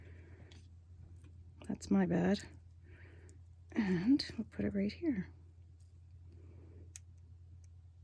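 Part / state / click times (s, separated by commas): metal jump ring closing onto pen charm loop / seated / 7.0 s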